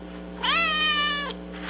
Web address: Sound FX Collection cat